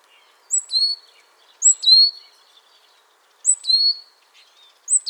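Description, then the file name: Great tit giving sharp high two-part notes in short bursts roughly every one to two seconds over a quiet background. "Parus major"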